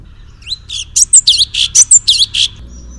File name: suara kicauan cucak cungkok. omkicau